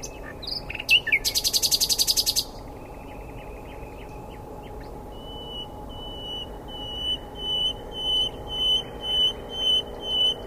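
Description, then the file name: Common nightingale song: a quick rattling trill and soft ticking notes, then a slow series of pure whistled notes repeated about every half second, each swelling louder. "Luscinia megarhynchos"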